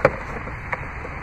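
The plastic storage compartment lid that holds the jack in the trunk of a 1998 Oldsmobile 88 is handled as it is being closed. Two short, sharp knocks are heard, a louder one at 0.1 s and a softer one at 0.7 s, over a steady low background hum. The lid has not latched or seated yet when the clip ends.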